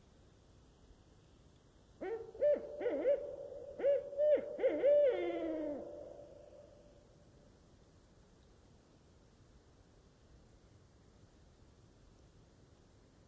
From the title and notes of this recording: Strix Varia. In the still, quiet night air of the Olympic National Park's Queets Rain Forest river valley, a lone Barred Owl sings from a nearby tree.